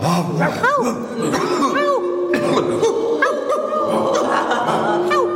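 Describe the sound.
Several children bark like dogs at once, a noisy overlapping chorus of short yelps and woofs with rising and falling pitch, mixed with giggles, continuing steadily for several seconds.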